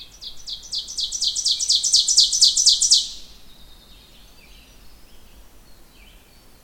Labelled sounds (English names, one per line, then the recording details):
Ovenbird song
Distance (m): 5 m
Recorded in boreal forest in Alberta, Canada, on 16 June 2016 at 05:48
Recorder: SongMeter 3, array SBT-3-32
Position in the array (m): 136 m, 3 m
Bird 36